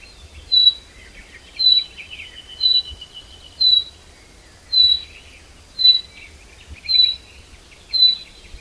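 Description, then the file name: Common chaffinch sounding eight sharp, high whistled notes at an even pace of about one per second, with faint twitters and low rumble behind. "Fringilla coelebs"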